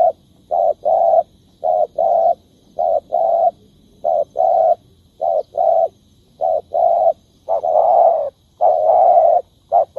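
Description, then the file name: Spotted dove cooing in a regular series, soft low notes paired short and long, about one pair every second. Cooing (Vietnamese: gáy). "tieng cu dat gay"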